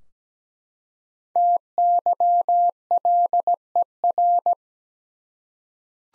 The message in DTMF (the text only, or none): none